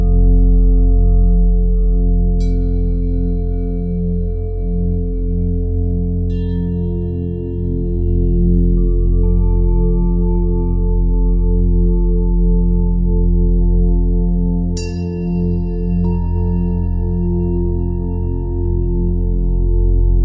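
Tibetan singing bowls ring together in a thick, steady hum of low, sustained tones that slowly pulse and beat against each other. Fresh strikes land at about 2.5, 6, 15 and 16 seconds, each adding a bright metallic ring that fades into the drone.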